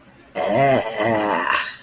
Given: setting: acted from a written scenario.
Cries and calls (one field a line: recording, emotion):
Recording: vocal sound without words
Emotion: pain